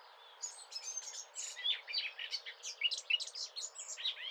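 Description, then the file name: Eurasian blackcap song, a dense, chattering warble of quick scratchy and clear whistled notes over a steady background hiss. "Sylvia atricapilla"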